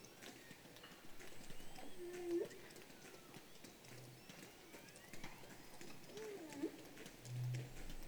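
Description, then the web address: Whale calls: two short tonal notes with upward hooks, with soft low pulses and scattered clicks over a background hiss. "baleines"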